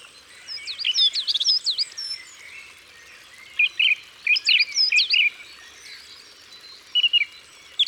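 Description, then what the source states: Song thrush song, bursts of sharp, varied whistled notes and twitters in short clusters. Isère, France.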